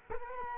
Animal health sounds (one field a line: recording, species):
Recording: mosquito wingbeat signal from an infrared sensor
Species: Culex quinquefasciatus